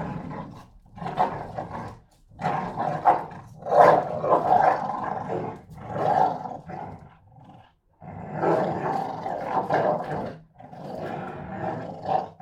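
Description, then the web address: Pit bull: fight noises, harsh snarls and growls in overlapping bursts separated by several brief lulls. Two pit bulls fighting each other. "NS Studios - ultra sound collection animals dogs - Pit bull Tessa Pit bull Bahko"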